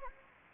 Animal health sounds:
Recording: mosquito wingbeat signal from an infrared sensor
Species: Anopheles gambiae

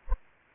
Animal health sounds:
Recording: mosquito wingbeat signal from an infrared sensor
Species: Anopheles arabiensis

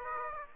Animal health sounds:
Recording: mosquito wingbeat signal from an infrared sensor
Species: Aedes aegypti

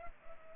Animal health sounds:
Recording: mosquito wingbeat signal from an infrared sensor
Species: Culex pipiens

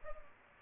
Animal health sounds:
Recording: mosquito wingbeat signal from an infrared sensor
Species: Culex pipiens

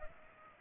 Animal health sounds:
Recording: mosquito wingbeat signal from an infrared sensor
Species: Culex pipiens

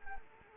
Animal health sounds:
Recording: mosquito wingbeat signal from an infrared sensor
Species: Anopheles arabiensis

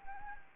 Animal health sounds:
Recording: mosquito wingbeat signal from an infrared sensor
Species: Anopheles gambiae

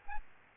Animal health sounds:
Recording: mosquito wingbeat signal from an infrared sensor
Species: Aedes albopictus

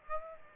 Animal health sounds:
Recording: mosquito wingbeat signal from an infrared sensor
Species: Aedes aegypti

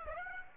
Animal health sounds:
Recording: mosquito wingbeat signal from an infrared sensor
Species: Aedes aegypti

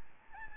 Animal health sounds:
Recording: mosquito wingbeat signal from an infrared sensor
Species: Aedes albopictus

